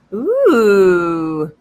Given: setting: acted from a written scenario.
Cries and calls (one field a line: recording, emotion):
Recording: vocal sound without words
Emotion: interest